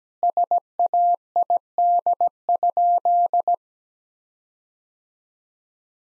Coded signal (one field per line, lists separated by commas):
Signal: Morse code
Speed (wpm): 17 wpm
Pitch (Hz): 700 Hz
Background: none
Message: SAID?